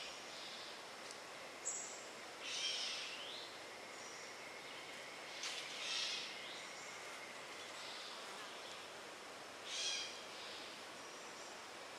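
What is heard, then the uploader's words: A soft, steady hiss of outdoor ambience from the Wekiva River Conservation Area fills the whole stretch. Brief bright bird calls rise above it around two and a half, six and ten seconds, with a few thin chirps between. Wekiva River Conservation Area, on the northern edge of suburban Orlando, Florida.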